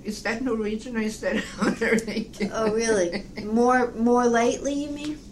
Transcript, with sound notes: "Is that Norwegian or is that American?" (laughs)
Oh, really? More lately, you mean?